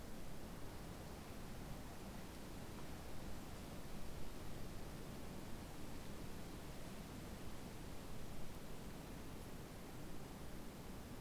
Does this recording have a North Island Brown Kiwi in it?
no